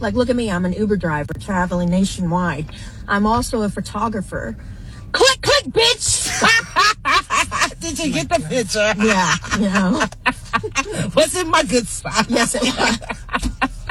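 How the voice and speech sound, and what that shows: Adult woman speaking, with Tourette syndrome vocal tics, including the phrase "click, click, bitch".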